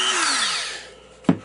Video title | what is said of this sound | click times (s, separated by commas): Brunswick 5KR pt6 | and it snaps into place like so for | 1.3 s